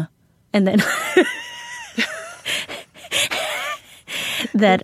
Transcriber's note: laughter